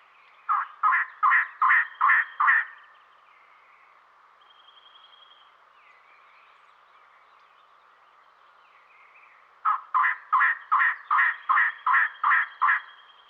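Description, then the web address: Elegant trogon giving hoarse croaking calls: a run of seven quick notes, a pause with a thin high whistle, then a longer run of about nine notes. Western North America. "Dan Gibson Wildlife Identification By Sound, Western North America. Elegant Trogan"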